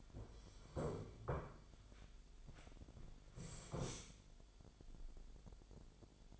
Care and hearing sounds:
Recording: daily activity, microphone in the room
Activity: sit down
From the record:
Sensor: 5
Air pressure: 1008.0 hPa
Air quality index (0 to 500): 154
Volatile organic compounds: 3 ppm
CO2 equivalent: 1478 ppm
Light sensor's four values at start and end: 57/161/62/62 and 57/161/62/62

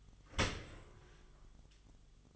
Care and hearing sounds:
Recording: daily activity, microphone in the room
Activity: open dishwasher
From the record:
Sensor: 4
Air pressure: 1005.5 hPa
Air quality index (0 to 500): 105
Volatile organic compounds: 2 ppm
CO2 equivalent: 1305 ppm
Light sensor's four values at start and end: 11/25/10/10 and 11/26/10/10

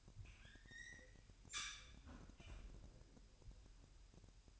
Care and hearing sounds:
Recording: daily activity, microphone in the room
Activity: close fridge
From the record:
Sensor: 2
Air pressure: 1001.9 hPa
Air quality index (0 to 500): 248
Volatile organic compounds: 39 ppm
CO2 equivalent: 3125 ppm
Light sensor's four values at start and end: 8/28/11/10 and 8/28/11/10

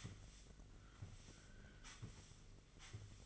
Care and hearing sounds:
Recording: daily activity, microphone in the room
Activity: sweep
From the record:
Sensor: 4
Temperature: 27.9 degrees Celsius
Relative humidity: 34.3%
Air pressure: 1002.4 hPa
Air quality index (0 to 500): 216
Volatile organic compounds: 12 ppm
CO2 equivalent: 2330 ppm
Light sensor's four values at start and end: 19/68/25/25 and 19/66/24/24

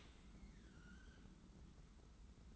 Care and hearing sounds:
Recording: daily activity, microphone in the room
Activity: open dishwasher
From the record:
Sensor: 3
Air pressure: 991.3 hPa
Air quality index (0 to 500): 134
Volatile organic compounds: 211 ppm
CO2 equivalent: 4249 ppm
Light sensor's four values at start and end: 51/138/56/50 and 51/138/56/50

